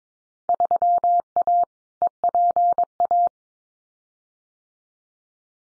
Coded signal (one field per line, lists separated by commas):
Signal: Morse code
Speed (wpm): 22 wpm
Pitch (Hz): 700 Hz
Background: none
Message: 3A EPA